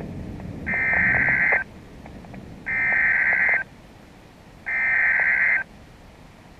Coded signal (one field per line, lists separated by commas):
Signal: Emergency Alert System (SAME) tones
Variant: header bursts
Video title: [60FPS] EAS Severe Thunderstorn Warnings -NOAA WXL93- 21 June 2016